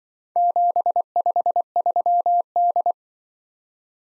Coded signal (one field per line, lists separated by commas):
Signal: Morse code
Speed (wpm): 23 wpm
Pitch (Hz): 700 Hz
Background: none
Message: 753D